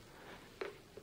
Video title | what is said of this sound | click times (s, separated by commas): Hobihanem - Fluval 206 Dış Filtre İncelemesi & Kurulumu | koyulacak yer şurada bunu Çat diye bastırınca yerine oturdu Burada | 0.6 s